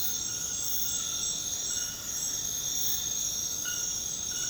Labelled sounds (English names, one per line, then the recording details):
none
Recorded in secondary vegetation near Puerto Asís, Putumayo, Colombia, on 20 February 2024 at 22:30
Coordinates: 0.472, -76.331
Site G6371